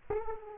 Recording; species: mosquito wingbeat signal from an infrared sensor; Aedes aegypti